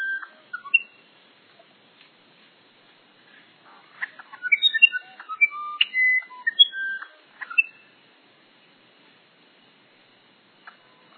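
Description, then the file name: Musician wren song, a burst of pure whistled notes at varied pitches with soft rattly fragments in the middle, a few scattered notes before and after, mostly quiet otherwise. "uirapuru verdadeiro"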